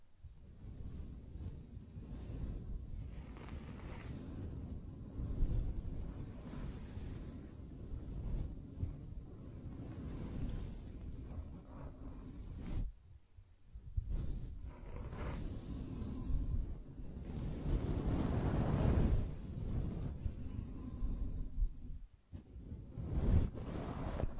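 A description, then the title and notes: Gentle brushing makes a continuous soft, rumbling swish, mostly low and muffled with a light airy hiss above. The strokes run together with little pause, breaking into brief near-silences around 13 and 22 seconds, and grow slightly fuller and brighter near 18 to 20 seconds. ASMR Gently Brushing Your Brain (No Talking).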